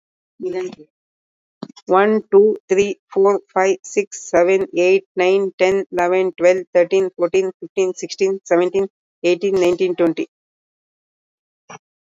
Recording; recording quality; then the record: counting at a normal pace; excellent, no background noise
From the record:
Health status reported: recovered from COVID-19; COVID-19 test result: positive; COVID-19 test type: RT-PCR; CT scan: not taken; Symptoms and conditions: cough, cold, sore throat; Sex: female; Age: 41 years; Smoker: no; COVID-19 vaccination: both doses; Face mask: worn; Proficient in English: yes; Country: India